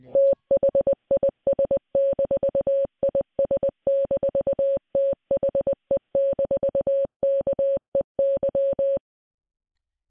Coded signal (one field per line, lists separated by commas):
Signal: Morse code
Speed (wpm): 20 wpm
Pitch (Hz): 550 Hz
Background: none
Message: THIS-IS-THE-KEY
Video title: DIG DEEPER – Audio Steganography CTF Challenge